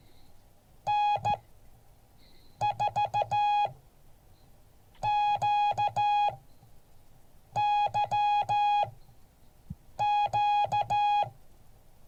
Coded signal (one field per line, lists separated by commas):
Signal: Morse code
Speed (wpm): 14 wpm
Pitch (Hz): 830 Hz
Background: none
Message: N4QYQ